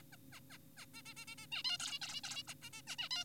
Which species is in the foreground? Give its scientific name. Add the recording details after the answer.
Taeniopygia guttata. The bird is an adult. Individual g4p5U